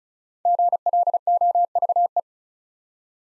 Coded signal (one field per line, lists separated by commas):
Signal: Morse code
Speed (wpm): 36 wpm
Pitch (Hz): 700 Hz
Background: none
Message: GLOVE